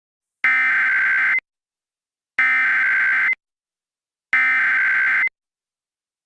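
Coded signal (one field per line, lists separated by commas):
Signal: Emergency Alert System (SAME) tones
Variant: header bursts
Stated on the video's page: Simulated EAS scenario, a fictional story.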